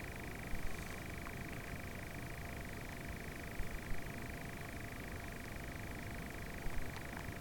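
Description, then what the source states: Nightjar's steady churring trill runs throughout, with faint clicks and soft low bumps in the background. More than one nightjar.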